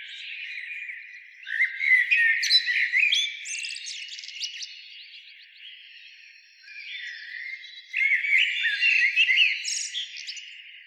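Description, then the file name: Common blackbird delivering two song bouts of rich warbled notes with high squeaky twitters, separated by a quieter stretch. "Turdus merula"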